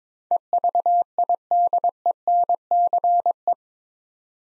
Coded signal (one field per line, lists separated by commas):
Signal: Morse code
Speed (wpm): 21 wpm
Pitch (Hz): 700 Hz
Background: none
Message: EVIDENCE